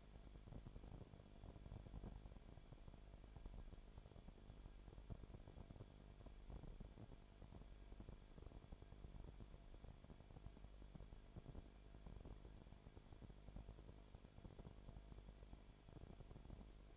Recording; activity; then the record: daily activity, microphone in the room; no activity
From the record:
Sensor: 5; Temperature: 19.9 degrees Celsius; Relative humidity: 35.6%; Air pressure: 1003.4 hPa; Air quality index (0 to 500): 58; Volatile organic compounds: 1 ppm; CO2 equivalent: 640 ppm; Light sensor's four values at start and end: 2/3/1/1 and 2/3/1/1